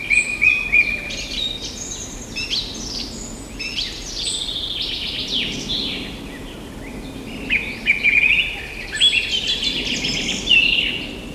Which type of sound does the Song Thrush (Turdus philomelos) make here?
song